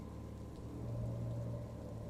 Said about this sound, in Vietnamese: Đáp lại Trân lúc này chỉ có tiếng mưa tí tách bên ngoài